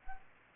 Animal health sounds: mosquito wingbeat signal from an infrared sensor; Aedes aegypti

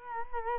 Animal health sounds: mosquito wingbeat signal from an infrared sensor; Culex quinquefasciatus

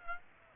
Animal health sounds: mosquito wingbeat signal from an infrared sensor; Aedes aegypti

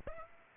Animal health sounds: mosquito wingbeat signal from an infrared sensor; Aedes aegypti

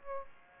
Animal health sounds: mosquito wingbeat signal from an infrared sensor; Aedes aegypti

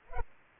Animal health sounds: mosquito wingbeat signal from an infrared sensor; Culex pipiens

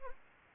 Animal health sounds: mosquito wingbeat signal from an infrared sensor; Anopheles gambiae

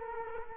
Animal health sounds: mosquito wingbeat signal from an infrared sensor; Culex quinquefasciatus

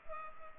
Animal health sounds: mosquito wingbeat signal from an infrared sensor; Culex pipiens

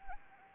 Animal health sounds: mosquito wingbeat signal from an infrared sensor; Anopheles arabiensis

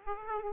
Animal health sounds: mosquito wingbeat signal from an infrared sensor; Aedes aegypti

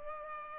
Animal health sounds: mosquito wingbeat signal from an infrared sensor; Culex pipiens

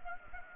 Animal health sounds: mosquito wingbeat signal from an infrared sensor; Culex pipiens

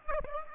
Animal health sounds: mosquito wingbeat signal from an infrared sensor; Aedes aegypti

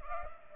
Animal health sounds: mosquito wingbeat signal from an infrared sensor; Culex pipiens

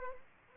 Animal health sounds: mosquito wingbeat signal from an infrared sensor; Culex quinquefasciatus

